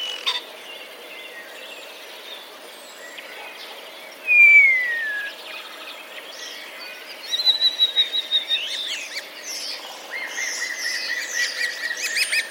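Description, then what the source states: Common starling singing: a long falling whistle, then a high steady whistle, followed by quick clicking rattles and chattering phrases that grow busier toward the end. Starlings mimicking sparrow calls ('sparrow borrowings'), recorded 10 April 2023.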